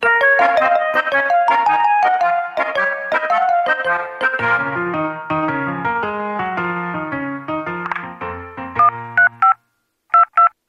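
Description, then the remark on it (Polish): A bright, jingly electronic melody plays, then gives way to a quick series of about five short telephone dialing tones, each a clean steady beep separated by brief gaps. “Dziś to będzie historia, a właściwie zapis pewnych połączeń telefonicznych, więc proszę posłuchać uważnie.”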